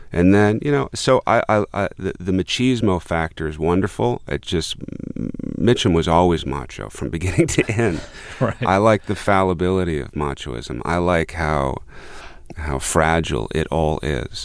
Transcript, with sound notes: And then, you know, so, I'll - the machismo factor is wonderful. It just - Mitchum was always macho from beginning to end.
(Soundbite of laughter) Right.
I like the fallibility of machoism. I like how fragile it all is.